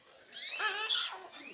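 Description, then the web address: Australian king parrot call: a wavering, harmonic, nasal phrase that bends up and down, then a second harsher note that trails off. Recorded 16 January 2019. "parrots alisterus-scarularis"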